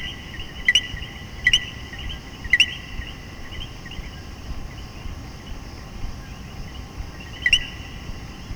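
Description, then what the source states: Common coquí, three quick two-note co-qui calls, then a pause before a fourth, each a short low note leaping to a higher one, over a faint continuous chorus. Several common coquí frogs calling in Puerto Rico.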